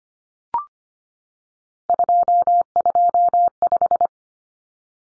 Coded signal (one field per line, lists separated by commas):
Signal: Morse code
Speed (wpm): 25 wpm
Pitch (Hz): 700 Hz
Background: none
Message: 225